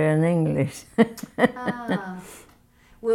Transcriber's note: laughs